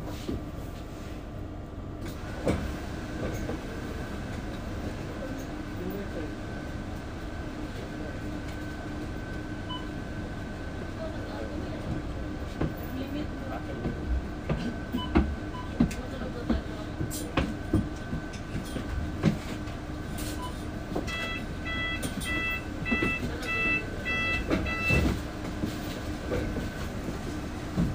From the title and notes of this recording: Al Nadha to Al Ghurair center walking,Bus ride,Metro ride experience.